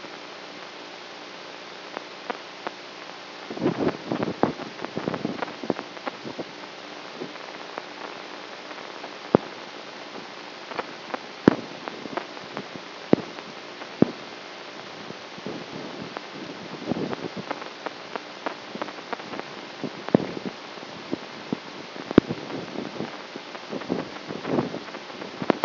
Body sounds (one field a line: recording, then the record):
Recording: brain microelectrode recording played as sound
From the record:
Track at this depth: outside the subthalamic nucleus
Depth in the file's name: 6.001 mm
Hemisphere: right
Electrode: 3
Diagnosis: Parkinson's disease